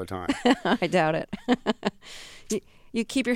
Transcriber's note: laughter